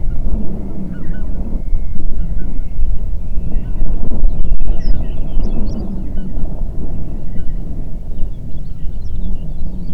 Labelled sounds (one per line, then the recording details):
songbird
waterfowl
wind
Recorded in the Prudhoe Bay oil fields, Alaska, on 8 June 2019 at 04:59
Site 30